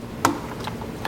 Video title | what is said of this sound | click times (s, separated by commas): BMW Speaker Upgrade/Installation - E84 X1 (2010-2015) - BAVSOUND Stage One | rest assured it snaps that's right in there | 0.2 s